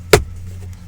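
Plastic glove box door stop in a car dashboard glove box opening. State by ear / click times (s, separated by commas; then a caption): released / 0.1 s. In a 2025 Dodge Durango, during a cabin air filter change, one side of the plastic glove box door is squeezed inward so its plastic stop slides past the outer edge of the dashboard glove box opening. A single loud, sharp pop sounds at 0.1 s, followed by a quiet low hum and a faint tick near 0.7 s. The stop is released, letting the glove box drop free.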